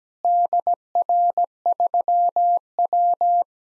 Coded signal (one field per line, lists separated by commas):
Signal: Morse code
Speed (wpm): 17 wpm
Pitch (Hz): 700 Hz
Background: none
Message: DR3W